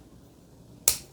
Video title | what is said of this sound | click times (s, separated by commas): YUJHITP 300 Piece 1x2 Tan Brick and 300 Piece Tan Bulk Plates, Lego Style Unboxing and Review | it feels like there's like you heard that snap when it comes off. | 0.9 s